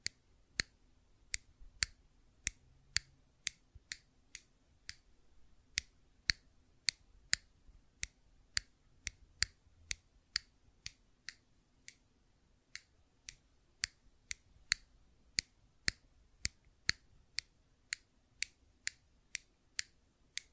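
A fidget cube clicks in a steady, even rhythm, roughly one or two sharp, bright clicks per second for the whole stretch. Each click is short and crisp with nothing between them but a faint low hum in the background.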